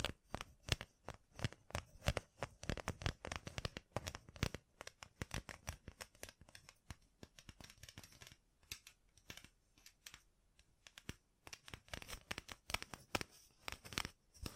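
Gem-covered fingertips tap and scratch in quick, irregular bursts of sharp, bright clicks, thinning briefly around the middle before turning dense again.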